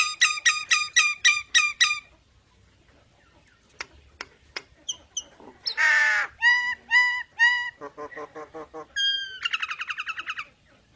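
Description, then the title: Nias hill myna song: a fast row of bright ringing notes, isolated clicks, a harsh buzzy squawk, then varied whistled and chattering phrases. Energetic 'gacor' singing with a very loud 'super gledek' voice, used as master material for tutoring songbirds. "Burung Jalak Nias Gacor Suara Super Gledek Untuk Masteran"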